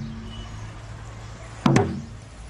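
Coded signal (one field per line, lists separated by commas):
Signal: talking drum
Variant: Ashanti atumpan, Akan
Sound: two quick resonant low drum strokes after a quiet pause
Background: low hum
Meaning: Calls the presenter by his name, Gus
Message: Gus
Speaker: do Gus again please do Gus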